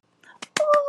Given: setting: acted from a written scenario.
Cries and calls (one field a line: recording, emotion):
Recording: vocal sound without words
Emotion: elation